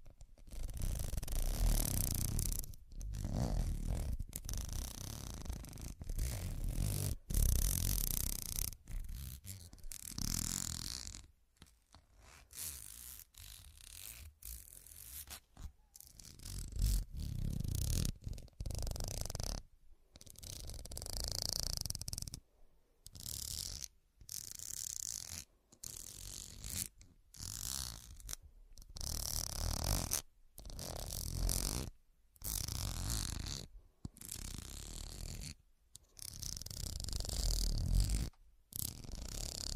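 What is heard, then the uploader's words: Scratching comes in rough, raspy strokes, separated by brief silent gaps throughout. The strokes are loudest at the start and again from about 17 seconds on. Between roughly 11 and 17 seconds they are softer and sparser, and their rhythm stays uneven. Pure Scratching.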